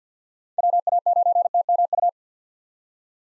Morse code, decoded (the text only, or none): WA9TMU